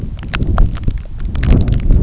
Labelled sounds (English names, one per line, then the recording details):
none
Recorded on Arctic tundra, site NAIT-1, on 27 June 2019
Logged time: 00:00